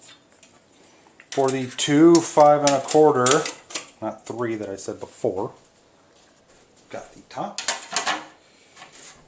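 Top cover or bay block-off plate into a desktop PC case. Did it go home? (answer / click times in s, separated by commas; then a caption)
yes / 8.0 s. During reassembly of a restored Gateway 2000 desktop PC, the top piece is fitted into the case after the two 5.25-inch drive bay block-off plates. Someone talks, then a single sharp click at 8.0 s marks the piece snapping into place and seating.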